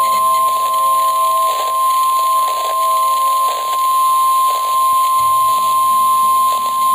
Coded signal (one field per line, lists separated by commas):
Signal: Emergency Alert System (SAME) tones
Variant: 1050 Hz attention tone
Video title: 4 Scariest Emergency Broadcasts & EAS Alerts (Vol. 1)